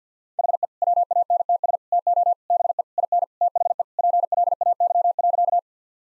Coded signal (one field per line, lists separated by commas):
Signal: Morse code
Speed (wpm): 50 wpm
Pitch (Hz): 700 Hz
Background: none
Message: HE WANTS TO BE IN THE PLAY.